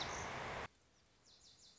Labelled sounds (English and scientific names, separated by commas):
Lazuli Bunting (Passerina amoena)